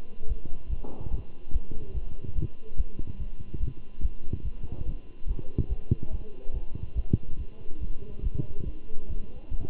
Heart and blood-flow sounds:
heart sounds by stethoscope; between the tricuspid and mitral areas; 143 bpm
0.28 s: heartbeat
0.69 s: heartbeat
1.11 s: heartbeat
1.52 s: heartbeat
1.94 s: heartbeat
2.35 s: heartbeat
2.77 s: heartbeat
3.18 s: heartbeat
3.60 s: heartbeat
4.02 s: heartbeat
4.44 s: heartbeat
4.85 s: heartbeat
5.27 s: heartbeat
5.69 s: heartbeat
6.11 s: heartbeat
6.53 s: heartbeat
6.95 s: heartbeat
7.38 s: heartbeat
7.80 s: heartbeat
8.23 s: heartbeat
8.65 s: heartbeat
9.08 s: heartbeat
9.51 s: heartbeat
From the record:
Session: Bruce protocol treadmill stress test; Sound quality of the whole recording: good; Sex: male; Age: 23 years

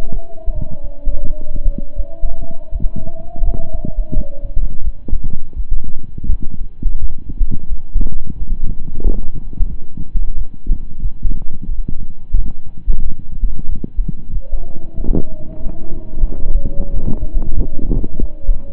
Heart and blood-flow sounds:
heart sounds by stethoscope; between the tricuspid and mitral areas; 88 bpm
0.52 s: heartbeat
1.22 s: heartbeat
1.94 s: heartbeat
2.69 s: heartbeat
3.41 s: heartbeat
4.12 s: heartbeat
4.82 s: heartbeat
5.54 s: heartbeat
6.27 s: heartbeat
6.98 s: heartbeat
7.67 s: heartbeat
8.36 s: heartbeat
9.01 s: heartbeat
9.68 s: heartbeat
10.34 s: heartbeat
11.00 s: heartbeat
11.65 s: heartbeat
12.33 s: heartbeat
13.00 s: heartbeat
13.66 s: heartbeat
14.30 s: heartbeat
14.95 s: heartbeat
15.60 s: heartbeat
16.25 s: heartbeat
16.91 s: heartbeat
17.54 s: heartbeat
18.17 s: heartbeat
From the record:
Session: slow and fast walking with breaks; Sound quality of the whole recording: saturated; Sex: male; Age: 25 years

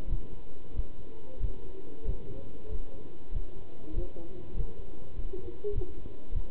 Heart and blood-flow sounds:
heart sounds by stethoscope; between the tricuspid and mitral areas; 96 bpm
0.08 s: heartbeat
0.75 s: heartbeat
1.41 s: heartbeat
2.05 s: heartbeat
2.69 s: heartbeat
3.32 s: heartbeat
3.94 s: heartbeat
4.55 s: heartbeat
5.14 s: heartbeat
5.73 s: heartbeat
6.33 s: heartbeat
From the record:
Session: pedaling a stationary bicycle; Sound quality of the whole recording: good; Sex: male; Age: 27 years

